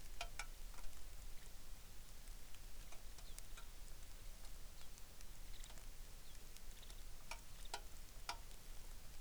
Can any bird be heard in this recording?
yes